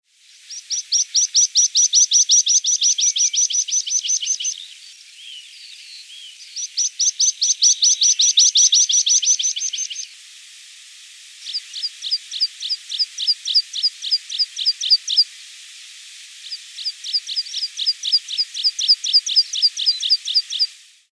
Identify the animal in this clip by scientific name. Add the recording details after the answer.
Anthus pratensis. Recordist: Tembrock, Günter. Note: Gesang